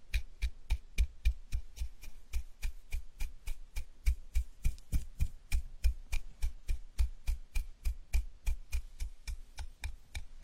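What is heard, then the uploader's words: A gentle scalp massage with a steady, even rhythm of soft tapping strokes, about four per second, running the whole time. Each tap has a crisp, bright click on top and a soft low thump underneath, with a faint rustle between strokes. Scalp massage, gentle and comfortable.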